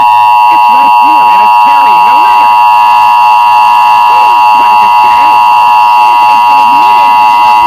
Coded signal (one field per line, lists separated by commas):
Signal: Emergency Alert System (SAME) tones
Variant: 853 and 960 Hz attention tone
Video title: EAS Mock - Christmas Hijackings (for @JackVR_75)